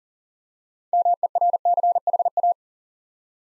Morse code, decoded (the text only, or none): MERCHA